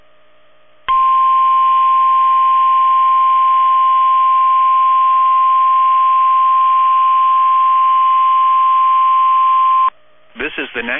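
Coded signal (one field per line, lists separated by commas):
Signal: Emergency Alert System (SAME) tones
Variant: 1050 Hz attention tone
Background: speech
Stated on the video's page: NOAA Weather Radio Required Weekly Test from Columbus, Ohio transmitter.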